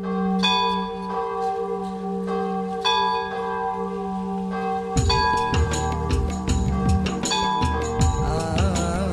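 Church bells ring in a steady pattern of bright, resonant strikes with long humming overtones, then a fuller peal of several bells joins in, clanging busier and louder. No one speaks.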